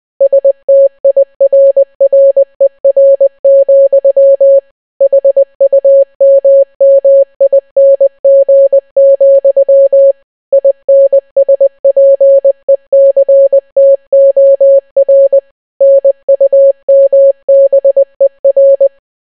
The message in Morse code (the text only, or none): STIRRER, HUMMING, INSPECTOR NUMBER